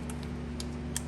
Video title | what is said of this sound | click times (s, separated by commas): 2013-2019 Ford Escape Wiper Motor Replacement | till you hear it click | 1.0 s